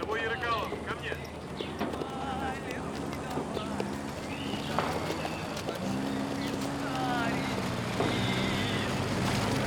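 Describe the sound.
Horses gallop with steadily pounding hooves along a row of T-34 tanks while they neigh, over a dense, busy mix of voices and a low engine rumble.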